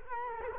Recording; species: mosquito wingbeat signal from an infrared sensor; Culex quinquefasciatus